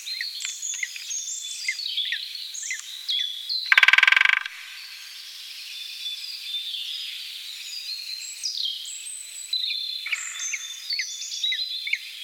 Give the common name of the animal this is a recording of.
Great Spotted Woodpecker